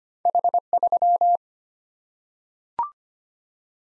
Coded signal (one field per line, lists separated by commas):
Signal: Morse code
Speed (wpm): 25 wpm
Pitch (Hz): 700 Hz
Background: none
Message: H3